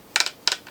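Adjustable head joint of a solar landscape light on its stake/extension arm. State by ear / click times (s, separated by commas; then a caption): seated / 0.2 s, 0.5 s. The plastic head of a LITOM 30-LED outdoor solar landscape light is swiveled on its adjustable joint, mounted on its stake with the extension arm, and it ratchets into a locked position. Two bursts of sharp, bright clicks are heard, each a quick cluster of ticks, with the main clicks at 0.2 s and 0.5 s. The light head locks in place.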